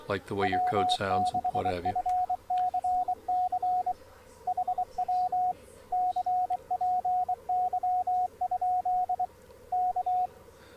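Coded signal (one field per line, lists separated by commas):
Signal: Morse code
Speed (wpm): 23 wpm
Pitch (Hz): 730 Hz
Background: speech, radio noise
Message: W6FCC HW CPY? K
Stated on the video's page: CW through ICOM RS-BA1 remote control software, using BK-IN mode and AutoTX, with calibrated side tone.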